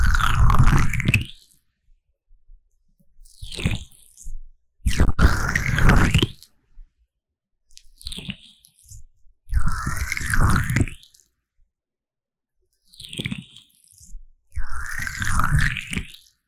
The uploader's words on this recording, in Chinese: 凡士林耳朵按摩。Vaseline Ear massage Sounds | NoTalking。